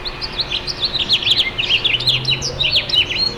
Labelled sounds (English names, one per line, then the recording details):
House Finch song
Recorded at Freeport on Long Island, New York, on 28 May 2013
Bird C